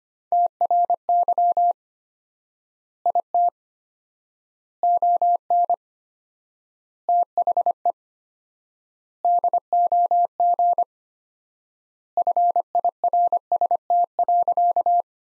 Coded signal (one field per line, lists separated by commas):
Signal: Morse code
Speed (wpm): 25 wpm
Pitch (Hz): 700 Hz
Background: none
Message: TRY IT ON THE DOG FIRST.